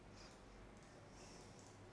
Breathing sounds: one breath in and out by a microphone near the nose and mouth; normal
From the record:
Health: marked as sick, illness not named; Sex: female

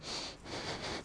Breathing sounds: one breath in and out by a microphone near the nose and mouth; strong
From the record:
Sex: male

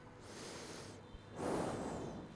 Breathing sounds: one breath in and out by a microphone near the nose and mouth; normal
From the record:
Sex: male

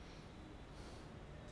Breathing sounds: one breath in and out by a microphone near the nose and mouth; normal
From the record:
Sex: male

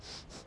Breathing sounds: one breath in and out by a microphone near the nose and mouth; strong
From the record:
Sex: male

